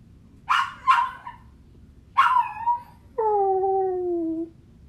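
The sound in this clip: Dog whining, two short high yelps, another cry, then a long steady whine lasting over a second.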